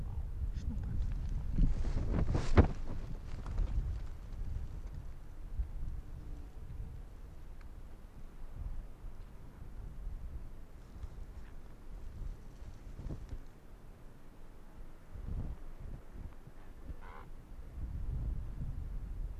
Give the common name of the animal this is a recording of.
Arctic Fox